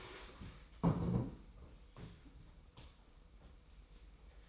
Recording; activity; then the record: daily activity, microphone in the room; stand up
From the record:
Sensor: 1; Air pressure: 990.5 hPa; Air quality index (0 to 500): 154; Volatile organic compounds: 1000 ppm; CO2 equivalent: 5583 ppm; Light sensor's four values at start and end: 29/69/29/32 and 29/68/29/32